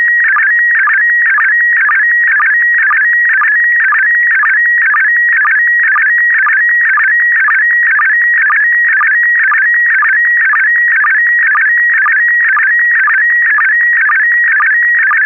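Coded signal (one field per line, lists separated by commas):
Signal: SSTV (slow-scan television)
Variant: PD120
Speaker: this is going out PD 120.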